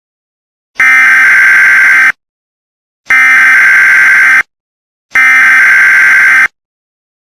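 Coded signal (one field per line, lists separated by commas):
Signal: Emergency Alert System (SAME) tones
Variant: header bursts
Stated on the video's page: Fictional EAS scenario; audio made by the uploader.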